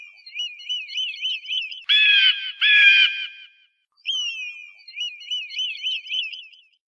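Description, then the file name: Eagle giving a high, quavering, trilled cry, then two coarse squawks, then the wavering cry again with rapid up-and-down pitch. "Sonido del Aguila"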